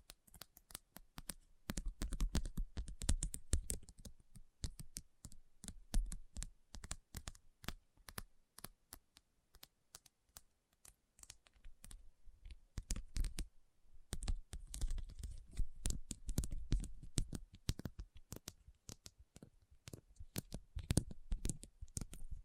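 Rhinestones are tapped and scratched in dense bursts of sharp, bright clicks that come rapid and irregular, often several per second. The activity thins briefly around 7 to 9 seconds and again near 13 to 14 seconds, then returns just as busy.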